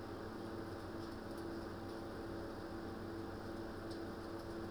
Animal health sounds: poultry house recording; no chicken sound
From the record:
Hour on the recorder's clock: 17

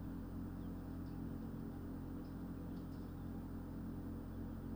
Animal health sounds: poultry house recording; healthy chickens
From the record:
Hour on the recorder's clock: 23

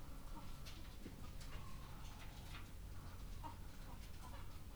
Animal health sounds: poultry house recording; sick chickens (respiratory disease)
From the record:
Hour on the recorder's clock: 11

